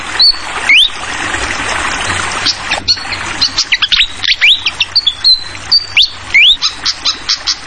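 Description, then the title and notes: Fantail song: clear whistled notes, some rising sharply, scattered among quick sharp chips over a steady hiss of trickling water. Clear-voiced song paired with the sound of trickling water, prepared as a tutoring recording (masteran) for songbirds. "Masteran Sikatan Kipas Suara Jernih Dan Suara Gemericik Air. Suara Burung Sikatan Londo"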